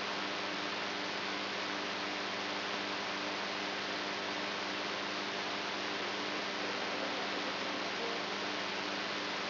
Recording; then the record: brain microelectrode recording played as sound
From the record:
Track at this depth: inside the subthalamic nucleus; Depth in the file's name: 3.518 mm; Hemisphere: right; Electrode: 3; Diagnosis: Parkinson's disease